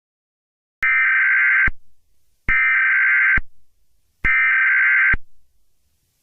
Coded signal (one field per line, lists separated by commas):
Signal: Emergency Alert System (SAME) tones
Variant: header bursts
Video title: EAS Scenario - The Toxic Cakes Part 2